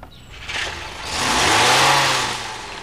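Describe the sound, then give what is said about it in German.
A car parked across the street, with a man sitting in it, revs its engine, its low hum climbing in pitch as the roar swells to a peak, then the car pulls away and the sound gradually fades. No voices. “Ist der vor dir abgehauen”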